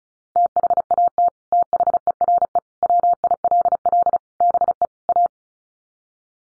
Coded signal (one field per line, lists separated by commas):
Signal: Morse code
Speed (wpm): 34 wpm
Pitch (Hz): 700 Hz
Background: none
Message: THAT THERE WILL BE A